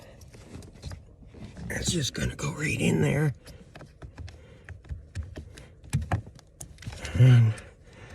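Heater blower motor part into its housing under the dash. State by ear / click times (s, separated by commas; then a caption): not seated / none. A heater blower motor part for a 2013 Chevrolet Impala is handled and pushed toward its housing under the dash during a heater motor replacement, with scattered light taps and knocks while someone talks. Nothing has seated or clicked yet; the part is not yet home when the clip ends.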